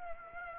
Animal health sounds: mosquito wingbeat signal from an infrared sensor; Aedes aegypti

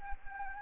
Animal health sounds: mosquito wingbeat signal from an infrared sensor; Anopheles gambiae

